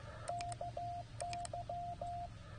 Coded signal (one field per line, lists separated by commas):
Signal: Morse code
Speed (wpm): 15 wpm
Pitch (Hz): 700 Hz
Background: radio noise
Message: KY